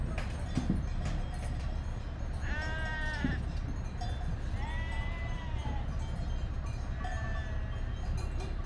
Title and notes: Transumanza a Vilminore. Transumanza, Vilminore 5 settembre 2009 Un grosso gregge viene preparato per essere trasferito dalla Valle di Scalve alla pianura Mantovana